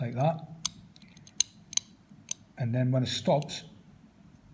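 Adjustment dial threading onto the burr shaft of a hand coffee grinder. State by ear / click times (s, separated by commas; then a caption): seated / 0.7 s, 1.4 s, 1.8 s, 2.3 s. With the burr pushed up from beneath, the adjustment dial is screwed onto the burr shaft of a 1Zpresso JX-Pro hand coffee grinder, and its detent gives sharp little clicks at 0.7, 1.4, 1.8 and 2.3 seconds. The clicks show the dial is on properly, and it is turned until it stops. Someone talks before and after the clicks.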